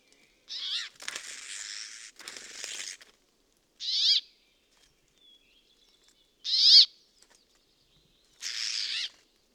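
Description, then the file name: Brambling calls: harsh, nasal, wheezy notes given singly every two seconds or so, with a longer rasping buzzy stretch near the start, in otherwise quiet surroundings. "Peppola-Fringilla-montifringilla Tommaso-Bergman-Xeno-canto"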